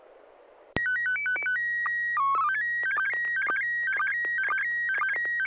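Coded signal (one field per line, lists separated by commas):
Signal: SSTV (slow-scan television)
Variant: PD 120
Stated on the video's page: SSTV net on a 441.300 MHz FM repeater, images sent with MMSSTV software.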